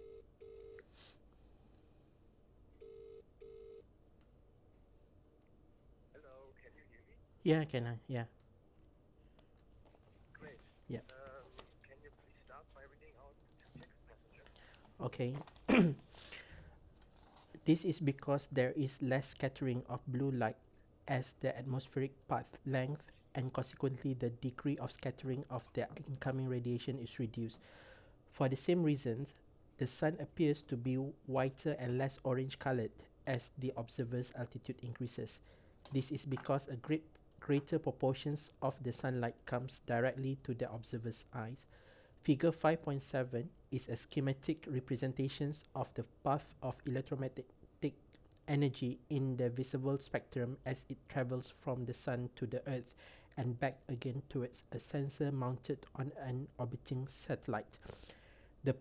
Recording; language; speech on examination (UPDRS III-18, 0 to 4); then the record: text read into a phone; English; 0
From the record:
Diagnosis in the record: healthy control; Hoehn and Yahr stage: 0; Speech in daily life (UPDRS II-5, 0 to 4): 0